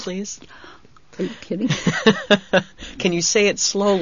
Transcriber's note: he laughs